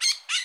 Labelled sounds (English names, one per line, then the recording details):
Brown-throated Parakeet contact call
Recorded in Bonaire
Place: just S of turnoff to Cai, near Lac Bay
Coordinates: 12.126, -68.239